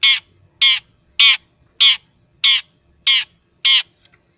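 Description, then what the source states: Long-tailed shrike giving a harsh, raspy call repeated seven times, evenly spaced at roughly one every two-thirds of a second. Long-tailed shrike song, used to train cage birds.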